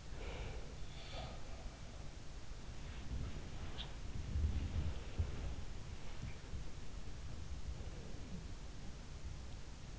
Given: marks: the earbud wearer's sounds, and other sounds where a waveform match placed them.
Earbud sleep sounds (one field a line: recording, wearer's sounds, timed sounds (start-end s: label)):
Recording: sounds in sleep by an in-ear microphone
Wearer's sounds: breath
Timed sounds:
0.00-0.90 s: breath
0.99-1.79 s: sound from someone else or the room
2.83-7.70 s: sound from someone else or the room